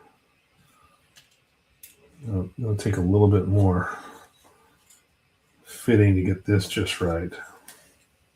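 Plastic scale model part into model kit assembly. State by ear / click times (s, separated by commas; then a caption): not seated / none. A modified plastic interior or landing-gear part of a 1/72 scale Dune Atreides Ornithopter model kit is being dry-fitted by hand while someone talks, with faint handling noises and brief small taps near 1.8 s and 7.7 s. Nothing has seated or clicked into place yet.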